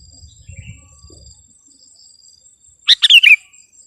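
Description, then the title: Sooty-headed bulbul utters one quick, liquid phrase of four or five tumbling notes near the end, after near silence with a faint high whine. "kutilang"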